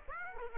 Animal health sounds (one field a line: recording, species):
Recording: mosquito wingbeat signal from an infrared sensor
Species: Aedes aegypti